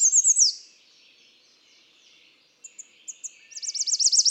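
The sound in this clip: American redstart song: end of a high repeated-note phrase with a down-swept finish, a pause, a few scattered thin notes, then a new run of rapid high notes.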